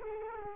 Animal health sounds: mosquito wingbeat signal from an infrared sensor; Culex quinquefasciatus

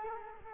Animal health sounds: mosquito wingbeat signal from an infrared sensor; Culex quinquefasciatus

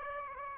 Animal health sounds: mosquito wingbeat signal from an infrared sensor; Aedes aegypti

